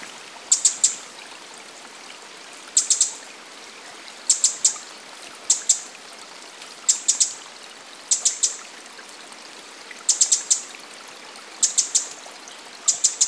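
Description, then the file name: Eurasian wren giving sharp, dry clicking calls grouped in quick clusters of three or four, recurring about every one to two seconds against faint background hiss. "Troglodytes troglodytes"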